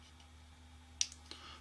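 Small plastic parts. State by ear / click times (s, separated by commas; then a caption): seated / 1.0 s, 1.1 s, 1.3 s. The engine-side plastic fuselage halves of a Kinetic 1/48 E-2C Hawkeye model aircraft kit are walked together by hand against a quiet background. A sharp click is heard at 1.0 s, followed by two softer clicks at 1.1 s and 1.3 s. The halves click together and seat, and the few small clicks show that the parts are fitting well.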